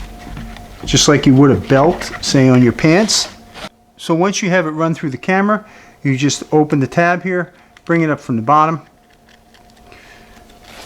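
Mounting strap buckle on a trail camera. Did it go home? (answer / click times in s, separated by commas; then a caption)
no / none. Someone talks while threading the mounting strap up from the bottom through the buckle on a Toguard H20 Mini trail camera and pulling it through, followed by a few soft handling sounds near the end. The tab has not been snapped shut yet, so nothing has clicked or locked in.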